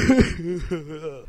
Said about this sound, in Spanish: ¡Maldita tos!